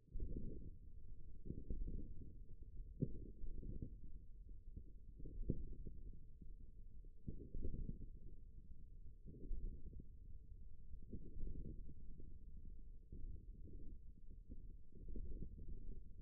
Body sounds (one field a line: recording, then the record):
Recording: forearm muscle sounds (acoustic myography)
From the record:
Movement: hand opening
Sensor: system 1, eight BSWA MPA416 microphones around the upper forearm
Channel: 3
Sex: male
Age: 41 years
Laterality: right